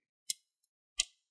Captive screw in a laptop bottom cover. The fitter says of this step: or so couple of clicks and let go you want to grab your opening tool